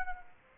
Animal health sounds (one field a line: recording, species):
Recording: mosquito wingbeat signal from an infrared sensor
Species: Aedes aegypti